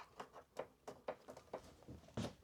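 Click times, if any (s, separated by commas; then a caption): none. A kickstand is being fitted back onto the shell of an Inmotion V9 electric unicycle. A series of short plastic-sounding taps and knocks is heard as it is handled into position, with the loudest knock near the end. Nothing has seated or clicked yet.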